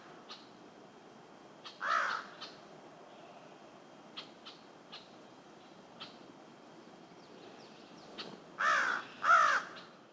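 Crow giving scattered harsh caws, one early and two louder ones near the end, with faint clicks and low background noise between.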